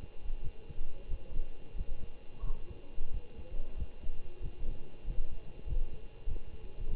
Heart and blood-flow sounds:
heart sounds by stethoscope; between the tricuspid and mitral areas; 93 bpm
0.41 s: heartbeat
1.08 s: heartbeat
1.75 s: heartbeat
2.42 s: heartbeat
3.11 s: heartbeat
3.76 s: heartbeat
4.41 s: heartbeat
5.05 s: heartbeat
5.65 s: heartbeat
6.27 s: heartbeat
6.88 s: heartbeat
From the record:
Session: Bruce protocol treadmill stress test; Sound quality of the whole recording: good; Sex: male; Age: 25 years

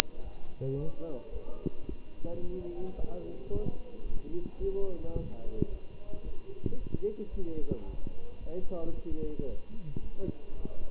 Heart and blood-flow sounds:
heart sounds by stethoscope; between the tricuspid and mitral areas; 110 bpm
0.22 s: heartbeat
0.76 s: heartbeat
1.31 s: heartbeat
1.87 s: heartbeat
2.42 s: heartbeat
2.97 s: heartbeat
3.51 s: heartbeat
4.05 s: heartbeat
4.60 s: heartbeat
5.15 s: heartbeat
5.70 s: heartbeat
6.24 s: heartbeat
6.78 s: heartbeat
7.31 s: heartbeat
7.85 s: heartbeat
8.39 s: heartbeat
8.93 s: heartbeat
9.47 s: heartbeat
10.01 s: heartbeat
10.55 s: heartbeat
From the record:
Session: Bruce protocol treadmill stress test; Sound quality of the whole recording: good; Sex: male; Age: 23 years

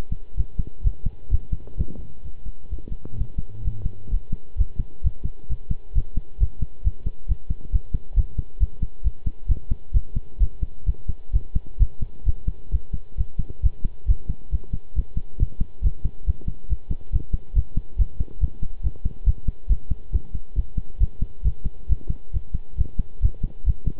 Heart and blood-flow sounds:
heart sounds by stethoscope; between the tricuspid and mitral areas; 134 bpm
0.37 s: heartbeat
0.84 s: heartbeat
1.31 s: heartbeat
1.77 s: heartbeat
2.24 s: heartbeat
2.70 s: heartbeat
3.17 s: heartbeat
3.64 s: heartbeat
4.11 s: heartbeat
4.57 s: heartbeat
5.03 s: heartbeat
5.49 s: heartbeat
5.95 s: heartbeat
6.40 s: heartbeat
6.84 s: heartbeat
7.28 s: heartbeat
7.72 s: heartbeat
8.16 s: heartbeat
8.60 s: heartbeat
9.04 s: heartbeat
9.48 s: heartbeat
9.94 s: heartbeat
10.40 s: heartbeat
10.86 s: heartbeat
11.33 s: heartbeat
11.79 s: heartbeat
12.26 s: heartbeat
12.72 s: heartbeat
13.17 s: heartbeat
13.63 s: heartbeat
14.08 s: heartbeat
14.52 s: heartbeat
14.95 s: heartbeat
15.39 s: heartbeat
15.83 s: heartbeat
16.26 s: heartbeat
16.69 s: heartbeat
17.12 s: heartbeat
17.55 s: heartbeat
17.98 s: heartbeat
18.40 s: heartbeat
18.83 s: heartbeat
19.26 s: heartbeat
19.69 s: heartbeat
20.12 s: heartbeat
20.56 s: heartbeat
21.00 s: heartbeat
21.44 s: heartbeat
21.89 s: heartbeat
22.33 s: heartbeat
22.78 s: heartbeat
23.22 s: heartbeat
23.66 s: heartbeat
From the record:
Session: pedaling a stationary bicycle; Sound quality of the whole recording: good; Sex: male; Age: 23 years

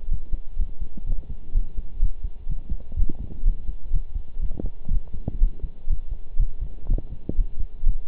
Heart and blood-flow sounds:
heart sounds by stethoscope; between the tricuspid and mitral areas; 124 bpm
0.11 s: heartbeat
0.59 s: heartbeat
1.06 s: heartbeat
1.54 s: heartbeat
2.02 s: heartbeat
2.49 s: heartbeat
2.96 s: heartbeat
3.45 s: heartbeat
3.93 s: heartbeat
4.41 s: heartbeat
4.91 s: heartbeat
5.41 s: heartbeat
5.90 s: heartbeat
6.39 s: heartbeat
6.89 s: heartbeat
7.38 s: heartbeat
7.86 s: heartbeat
From the record:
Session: pedaling a stationary bicycle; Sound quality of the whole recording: partially saturated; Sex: male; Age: 23 years

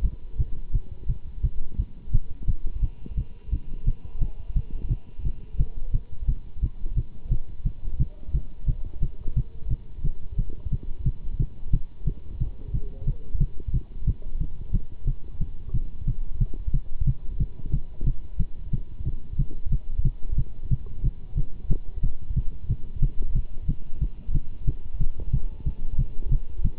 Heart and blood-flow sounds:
heart sounds by stethoscope; between the tricuspid and mitral areas; 178 bpm
0.03 s: heartbeat
0.38 s: heartbeat
0.73 s: heartbeat
1.08 s: heartbeat
1.42 s: heartbeat
1.77 s: heartbeat
2.12 s: heartbeat
2.47 s: heartbeat
2.81 s: heartbeat
3.16 s: heartbeat
3.51 s: heartbeat
3.85 s: heartbeat
4.20 s: heartbeat
4.55 s: heartbeat
4.89 s: heartbeat
5.24 s: heartbeat
5.58 s: heartbeat
5.93 s: heartbeat
6.27 s: heartbeat
6.61 s: heartbeat
6.96 s: heartbeat
7.30 s: heartbeat
7.64 s: heartbeat
7.99 s: heartbeat
8.33 s: heartbeat
8.67 s: heartbeat
9.01 s: heartbeat
9.35 s: heartbeat
9.69 s: heartbeat
10.03 s: heartbeat
10.37 s: heartbeat
10.71 s: heartbeat
11.05 s: heartbeat
11.38 s: heartbeat
11.72 s: heartbeat
12.06 s: heartbeat
12.39 s: heartbeat
12.73 s: heartbeat
13.06 s: heartbeat
13.39 s: heartbeat
13.72 s: heartbeat
14.06 s: heartbeat
14.39 s: heartbeat
14.72 s: heartbeat
15.06 s: heartbeat
15.39 s: heartbeat
15.73 s: heartbeat
16.06 s: heartbeat
16.39 s: heartbeat
16.73 s: heartbeat
17.06 s: heartbeat
17.39 s: heartbeat
17.72 s: heartbeat
18.05 s: heartbeat
18.38 s: heartbeat
18.72 s: heartbeat
19.05 s: heartbeat
19.38 s: heartbeat
19.71 s: heartbeat
20.04 s: heartbeat
20.37 s: heartbeat
20.70 s: heartbeat
21.03 s: heartbeat
21.36 s: heartbeat
21.69 s: heartbeat
22.02 s: heartbeat
22.35 s: heartbeat
22.68 s: heartbeat
23.01 s: heartbeat
23.34 s: heartbeat
23.67 s: heartbeat
24.00 s: heartbeat
24.33 s: heartbeat
24.66 s: heartbeat
24.99 s: heartbeat
25.32 s: heartbeat
25.65 s: heartbeat
25.98 s: heartbeat
26.30 s: heartbeat
26.63 s: heartbeat
From the record:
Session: Bruce protocol treadmill stress test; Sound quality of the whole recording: good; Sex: male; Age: 24 years

